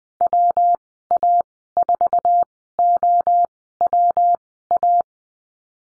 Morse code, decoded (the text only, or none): WA4OWA